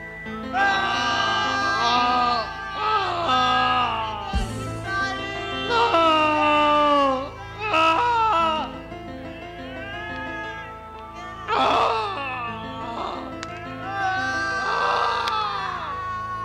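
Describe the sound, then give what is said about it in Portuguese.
Anguished, wavering wails and screams from several voices overlap almost without pause, their pitch sliding up and down in long, strained cries over a low steady drone. “Elas gritavam horrivelmente e seus membros gotejavam sangue escuro abundante.”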